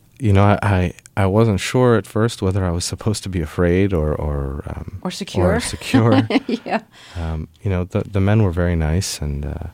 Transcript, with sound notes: You know, I wasn't sure at first whether I was supposed to be afraid or...
Or secure (Laughter)
Or secure.
Yeah.
You know, the men were very nice and,